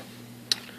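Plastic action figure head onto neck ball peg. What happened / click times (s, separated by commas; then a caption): The plastic head popped onto its peg / 0.5 s. A plastic head for a Marvel Legends Odin series King Thor build-a-figure is pressed onto the action figure's neck ball peg, and it pops into place with a single sharp, bright click at 0.5 s. Before and after, only a quiet steady low hum is heard, and the head is seated on the peg.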